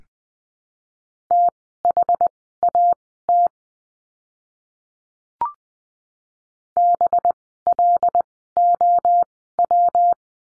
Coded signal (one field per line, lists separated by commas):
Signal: Morse code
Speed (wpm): 20 wpm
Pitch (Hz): 700 Hz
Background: none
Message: THAT BLOW